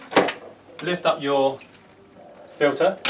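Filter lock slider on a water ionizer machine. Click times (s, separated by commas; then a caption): 0.2 s. The filter lock slider on a Kangen water ionizer is moved to the left with a sharp click at 0.2 s, releasing the filter cartridge so it can be lifted out. Someone talks over and after the click.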